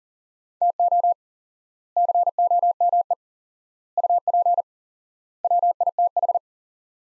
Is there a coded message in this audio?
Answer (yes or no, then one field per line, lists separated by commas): yes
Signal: Morse code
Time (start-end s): 0.6-6.4 s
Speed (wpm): 40 wpm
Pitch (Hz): 700 Hz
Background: none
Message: TO COME UP WITH